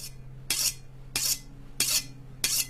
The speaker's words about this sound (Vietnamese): Tiếng mài dao vang lên đến lạnh cả người.